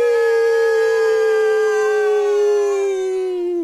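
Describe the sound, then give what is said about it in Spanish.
A group of people howls together in imitation of a wolf, one long, loud, steady high-pitched howl that holds its pitch and then dips slightly as it ends. “Un, dos, tres, todos aullamos.”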